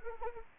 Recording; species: mosquito wingbeat signal from an infrared sensor; Anopheles arabiensis